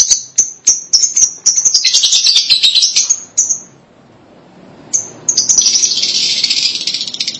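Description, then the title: Lovebird calling with rapid, sharp high chirps that merge into buzzy chatter, a brief pause, then a long continuous rasping chatter. "BM Suara Burung Lovebird"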